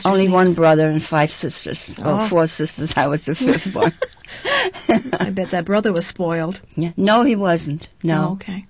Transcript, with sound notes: Only one brother and five sisters. Four sisters, I was the fifth one. ( they laugh )
I bet that brother was spoiled.
No, he wasn't. No, no, no.